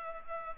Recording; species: mosquito wingbeat signal from an infrared sensor; Culex pipiens